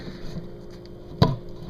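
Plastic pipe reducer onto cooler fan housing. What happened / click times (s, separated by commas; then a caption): The fitting is handled but not yet seated / none. A PVC 3-to-4 reducer, flame-warmed until the plastic is pliable, is handled against a thermoelectric cooler's fan opening to improve airflow. A faint tick sounds at about 0.9 s, then a sharp knock at about 1.2 s over a low background hum. Nothing has seated or clicked into place yet.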